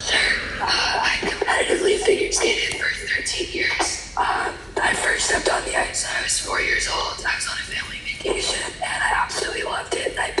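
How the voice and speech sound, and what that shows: A woman talks fluently but in a mostly airy, whisper-like, rough voice with little clear tone; voicing drops in and out between words. This is severe dysphonia: scar tissue surrounding her vocal cords, left by many laser surgeries for a rare, chronic respiratory disease, keeps them from vibrating normally.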